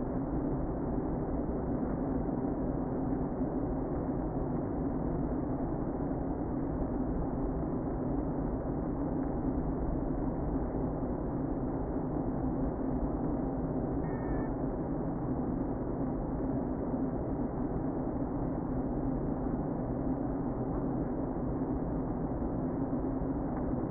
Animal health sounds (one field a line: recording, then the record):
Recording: honeybee colony, microphone inside the hive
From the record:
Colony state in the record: queen present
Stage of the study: before two queens were removed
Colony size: about 60,000 bees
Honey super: yes